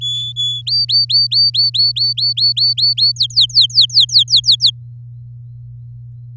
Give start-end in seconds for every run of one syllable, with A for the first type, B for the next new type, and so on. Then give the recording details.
0.01-0.62 A, 0.66-3.12 B, 3.16-4.70 C. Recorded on 11 May 2018 at 08:26. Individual llb16